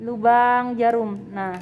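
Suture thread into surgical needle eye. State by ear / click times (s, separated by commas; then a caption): not seated / none. Suture thread is being handled and pressed toward the eye of a surgical needle while someone talks. Nothing has seated or clicked yet.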